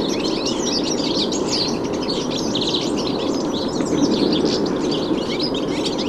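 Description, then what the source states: Goldfinch flock chatter: many high, canary-like twitters and trills overlapping without pause, set against a steady low background hum. Flock in black alders at Rantalehto on the edge of Lohja town, Finland, making a canary-like sound.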